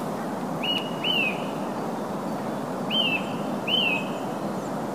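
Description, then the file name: Eurasian nuthatch giving clear whistled calls that drop in pitch, four notes in two close pairs, over steady broad rushing background noise. "Sitta europaea"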